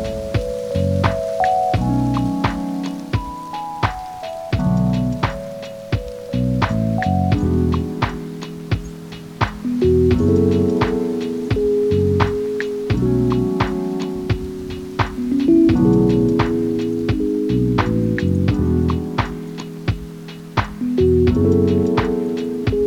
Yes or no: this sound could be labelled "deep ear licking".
no